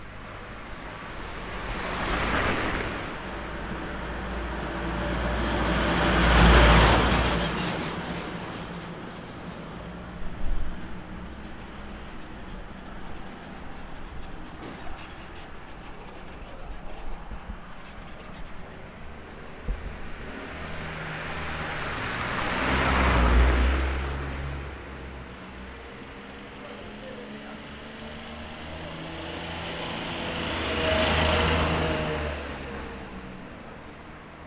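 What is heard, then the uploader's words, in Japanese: On a quiet street in Omihachiman, a few vehicles approach and pass at intervals, their low rumble swelling then fading between calm stretches. Omihachiman, Shinmanchi, 新町通り。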